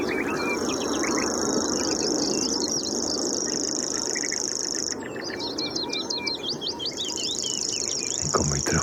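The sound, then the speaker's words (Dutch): A grasshopper warbler reels in a continuous, high-pitched, insect-like trill that breaks off briefly midway and then resumes, while other birds chirp and twitter over a dense background hiss. “er zit nog steeds die sprinkhaanzanger heerlijk te ratelen.”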